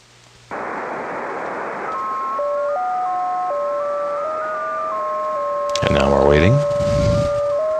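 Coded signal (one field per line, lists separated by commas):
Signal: JT65, JT9 or WSPR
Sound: radio hiss with a few steady tones slowly hopping pitch, brief rumbling burst midway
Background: radio static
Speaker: will flip back to the receive mode and what we can see if I the other station responds and now we're waiting [Music]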